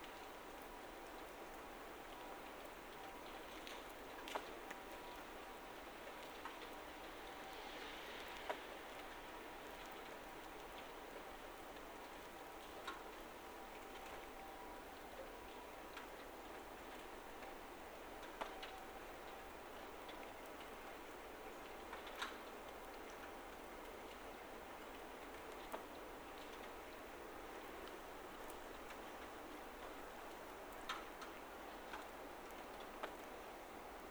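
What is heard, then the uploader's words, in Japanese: Rain falls in a steady, dense patter that holds the same level throughout. Sharp ticks and louder drops stand out every few seconds, irregularly, and a faint constant tone sits underneath the hiss. バイノーラルで撮った雨音です。雨の中を歩く音。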